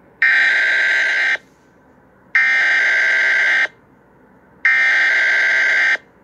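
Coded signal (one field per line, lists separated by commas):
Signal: Emergency Alert System (SAME) tones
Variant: header bursts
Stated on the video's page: Fictional EAS scenario about rioters in Iowa, not a real alert.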